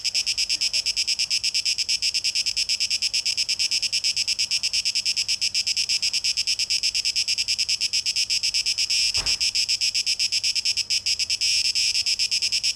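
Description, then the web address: Cicada singing a dense, high buzzing song of rapid pulses, steady throughout, with one sharp click partway through. Recorded 12 August 2023; tape echo mix. "rauschpartikel Audio 2023-08-12 Zikaden (Tape Echo Mix)"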